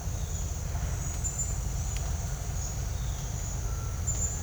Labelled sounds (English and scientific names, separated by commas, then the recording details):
none
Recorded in dense forest near Puerto Asís, Putumayo, Colombia, on 20 December 2024 at 08:00
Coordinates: 0.468, -76.322
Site G071